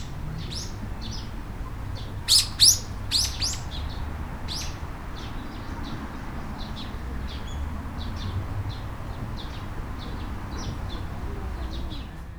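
Bird chirping, a few loud sharp high notes early, then softer scattered chirps continuing over steady low background noise.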